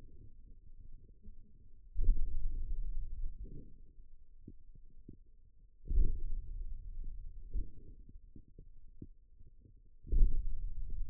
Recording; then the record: forearm muscle sounds (acoustic myography)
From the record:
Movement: hand opening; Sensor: system 2, bracelet of six BSWA MPA416 microphones around the upper forearm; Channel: 1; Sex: male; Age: 22 years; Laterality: right